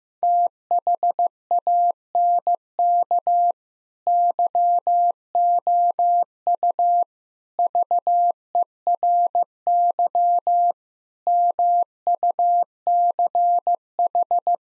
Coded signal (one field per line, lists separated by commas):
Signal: Morse code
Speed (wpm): 15 wpm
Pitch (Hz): 700 Hz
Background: none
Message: THANK YOU VERY MUCH